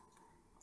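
A metal crimp contact is pushed by hand into a plastic connector housing, meant to go in with a one-shot click. Only two faint, brief ticks are heard, at about 0.2 s and 0.6 s, over a low steady background. The contact has not clicked into place yet because it is proving difficult to push in by hand.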